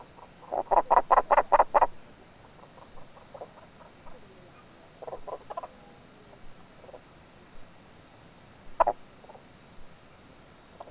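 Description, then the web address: Frog croaking in a quick burst of about six pulsed notes, followed by softer scattered croaks and a single sharp call near the end over a quiet background. "Frogs World"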